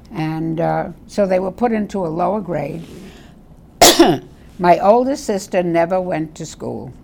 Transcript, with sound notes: And so they were put into a lower grade. [coughs] My oldest sister never went to school.